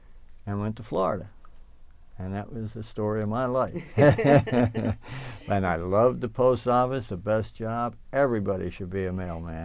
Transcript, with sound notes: and went to Florida. And that was the story of my (they laugh) And I loved the Post Office, the best job, everybody should be a mailman.